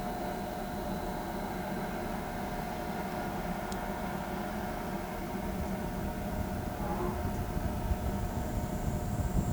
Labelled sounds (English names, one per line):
none